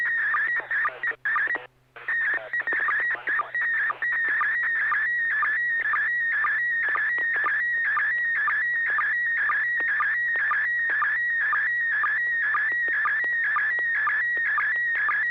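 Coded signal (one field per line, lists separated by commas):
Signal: SSTV (slow-scan television)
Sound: warbling tone scanning line by line, with short low sync chirps about twice a second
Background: low hum, brief dropouts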